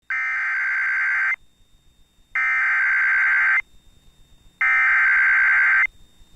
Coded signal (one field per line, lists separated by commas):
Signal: Emergency Alert System (SAME) tones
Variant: header bursts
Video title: Severe Thunderstorm Warning (Carter, Johnston, Marshall, Murray Counties, OK) (4/19/25) [EAS #139]